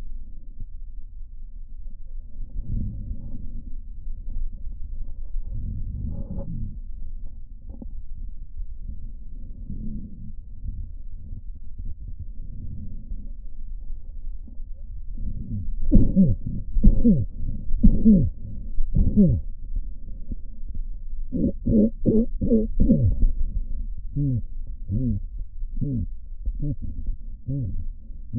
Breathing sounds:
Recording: lung sounds by stethoscope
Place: left posterior apical chest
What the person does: quiet breathing, then cough and speech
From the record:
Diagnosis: COPD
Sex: male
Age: 70 years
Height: 170 cm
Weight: 74 kg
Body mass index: 25.6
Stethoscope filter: diaphragm mode

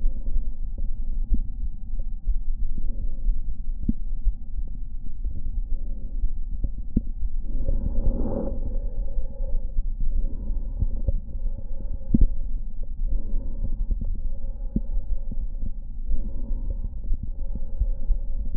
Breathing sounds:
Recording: lung sounds by stethoscope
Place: left anterior apical chest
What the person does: quiet breathing, then deep breathing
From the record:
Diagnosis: COPD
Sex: male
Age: 69 years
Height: 162 cm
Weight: 124.8 kg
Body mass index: 47.6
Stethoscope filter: diaphragm mode

